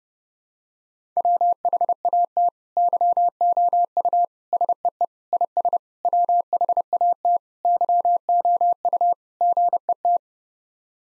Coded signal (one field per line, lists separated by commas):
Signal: Morse code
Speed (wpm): 30 wpm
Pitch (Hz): 700 Hz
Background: none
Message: WHAT YOU SEE IS WHAT YOU GET